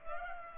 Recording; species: mosquito wingbeat signal from an infrared sensor; Culex pipiens